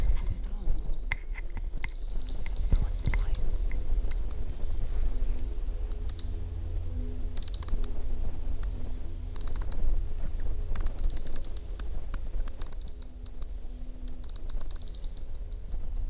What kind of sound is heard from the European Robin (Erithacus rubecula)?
call